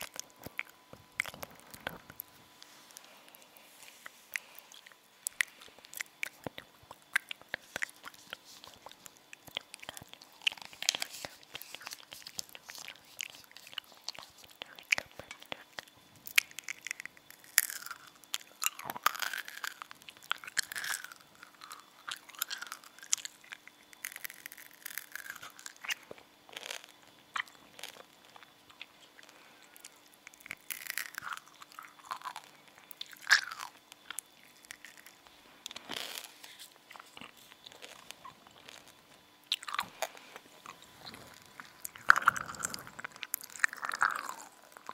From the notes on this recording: mouth sounds, inaudible whisper